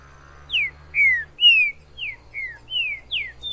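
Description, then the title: Green-winged saltator song: a clear run of several rich whistled notes, mostly slurring downward, against a faint low hum. Wild bird in the forest, calling, singing and displaying as a male in a contest; used to stimulate a kept bird. "TRINCA Piando, Cantando E Macheando Na DISPUTA. TRINCA FERRO no MATO. Trinca ferro MAJOR no MATO"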